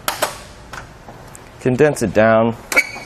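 With the top latch pulled, a Saris Glide EX hitch bike rack for 4 bikes on a 2018 Jeep Cherokee is handled as it is folded down toward its stowed position. A few sharp metallic knocks and rattles are heard, and someone talks. The clip ends before the latch seats, so nothing has clicked into place yet.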